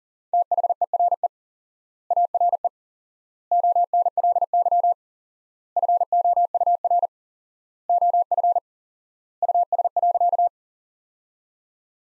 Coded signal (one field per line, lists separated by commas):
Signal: Morse code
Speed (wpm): 40 wpm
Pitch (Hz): 700 Hz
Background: none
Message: THERE ARE ONLY FOUR OF US.